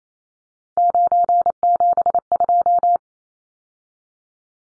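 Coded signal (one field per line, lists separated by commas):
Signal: Morse code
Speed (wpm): 28 wpm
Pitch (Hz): 700 Hz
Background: none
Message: 972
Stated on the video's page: Morse code practice of three-digit numbers at 28 wpm for head-copy.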